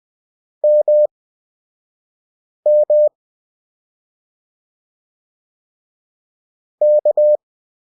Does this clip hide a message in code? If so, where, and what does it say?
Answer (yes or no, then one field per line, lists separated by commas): yes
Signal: Morse code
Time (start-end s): 0.6-7.4 s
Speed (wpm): 20 wpm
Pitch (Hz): 600 Hz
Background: none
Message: MM K